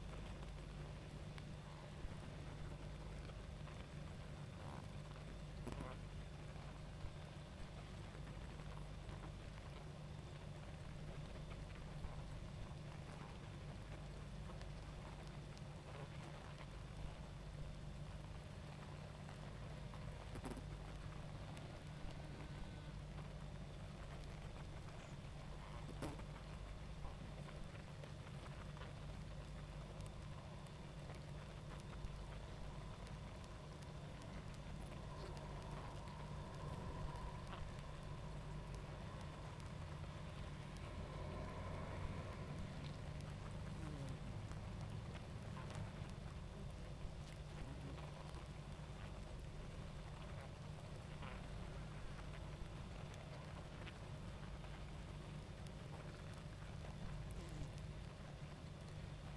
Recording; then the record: honeybee colony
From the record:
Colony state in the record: active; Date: 28 July 2017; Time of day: 21:27